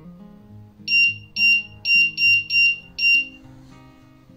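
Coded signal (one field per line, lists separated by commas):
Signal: none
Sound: metal detector tones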